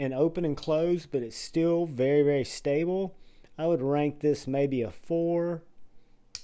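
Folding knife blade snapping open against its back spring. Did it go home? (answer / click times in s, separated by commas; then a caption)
yes / 6.3 s. Someone talks for most of the clip while handling a slip joint pocket knife with a stainless spring and carbon fiber scales. At 6.4 s the blade snaps open against its back spring with a short, sharp click as it locks into the open position.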